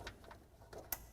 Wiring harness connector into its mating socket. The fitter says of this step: one more down here. And click into place.